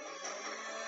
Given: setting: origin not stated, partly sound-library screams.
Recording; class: one-second piece from a danger detection set; woman in danger